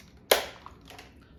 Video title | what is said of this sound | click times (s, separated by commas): Intellisaur Interactive Remote Control Dinosaur Robot Review | so with a little bit of arm muscles there I was able to get that snapped in place | 0.3 s